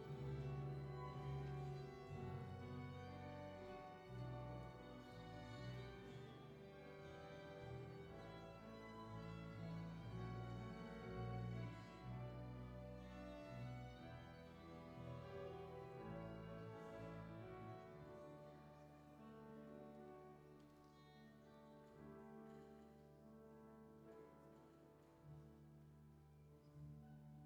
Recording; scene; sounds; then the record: everyday scene through a hearing-aid microphone; reverberant space; music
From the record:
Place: church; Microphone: behind the ear, left, front